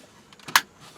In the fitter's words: boom another click and they weren't bad clicks either so